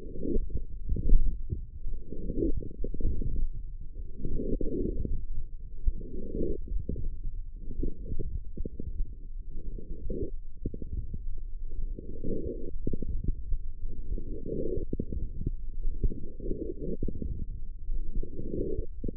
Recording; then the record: forearm muscle sounds (acoustic myography)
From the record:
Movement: forearm pronation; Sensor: system 1, eight BSWA MPA416 microphones around the upper forearm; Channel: 6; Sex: female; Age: 22 years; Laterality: right